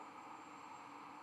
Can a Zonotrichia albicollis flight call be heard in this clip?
no